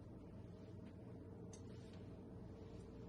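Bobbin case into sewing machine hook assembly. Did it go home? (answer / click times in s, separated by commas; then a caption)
yes / 1.5 s. A threaded bobbin case is lined up by hand, pushed into the hook of a long-arm sewing machine and wiggled until it clicks in. Over a steady low hum, a short, sharp click sounds at 1.5 s, with a few fainter ticks around it. The bobbin case is seated.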